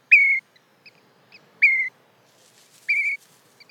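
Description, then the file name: Eurasian dotterel giving three clear, high piping whistles, each slightly downslurred, repeated roughly every one and a half seconds, with faint short notes between. "Fjallpipare"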